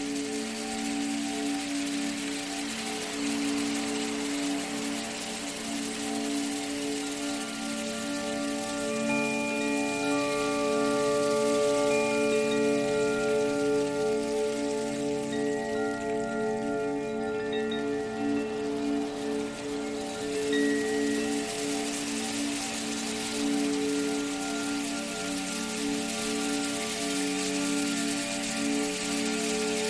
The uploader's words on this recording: Handmade in France, near the Pyrenean mountains, each Zaphir chime is the result of meticulous craftsmanship. The soothing sounds of wind chimes.